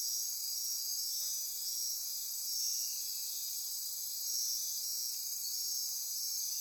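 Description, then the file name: Chorus of insects, constant shrill multi-toned buzzing. Insect chorus recorded at midnight near Corcovado. "Wind-is-the-Original-Radio-Fridays 20240628 Andy-Martin Midnight-Insect-Chorus-Near-Corcovado"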